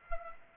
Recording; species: mosquito wingbeat signal from an infrared sensor; Aedes aegypti